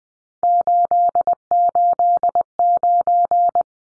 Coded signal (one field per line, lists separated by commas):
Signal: Morse code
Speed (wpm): 20 wpm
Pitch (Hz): 700 Hz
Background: none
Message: 889